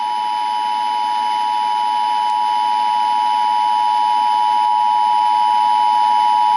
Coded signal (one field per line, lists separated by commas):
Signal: Emergency Alert System (SAME) tones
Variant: 853 and 960 Hz attention tone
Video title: EAS SCENARIO JENNIFER